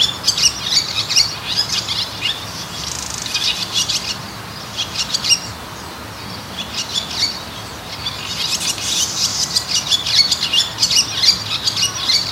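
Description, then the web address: Swallow twitter in two bursts of high chirps, a quieter gap in the middle, then renewed rapid twittering. Recorded during a walk in Azamidani. "raivu sansaku azamidani sound bird swallow"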